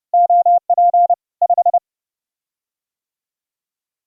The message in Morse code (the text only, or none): OP 5